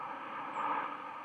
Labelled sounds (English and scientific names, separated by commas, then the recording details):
White-throated Sparrow (Zonotrichia albicollis) flight call
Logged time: 01:28 on 31 October 2014